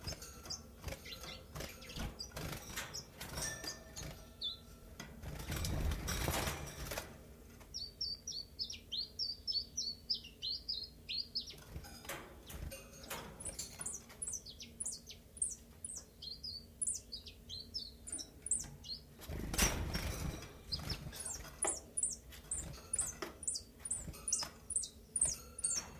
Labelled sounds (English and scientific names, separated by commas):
Common Chiffchaff (Phylloscopus collybita)